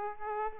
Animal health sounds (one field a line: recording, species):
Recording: mosquito wingbeat signal from an infrared sensor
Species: Aedes aegypti